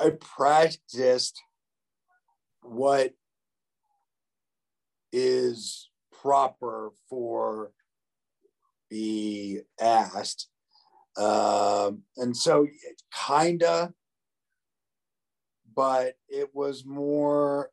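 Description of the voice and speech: Halting adult male speech comes in short broken phrases separated by pauses of up to two seconds, with drawn-out vowels and fillers. This nonfluent, effortful word-finding pattern is aphasia in a stroke survivor.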